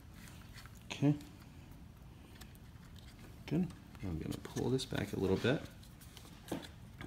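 A PCIe power cable plug is pressed with light pressure into a GPU or riser power socket while someone talks. Small handling clicks and rustles are heard, and the connector seats with a sharp click at 7.0 s.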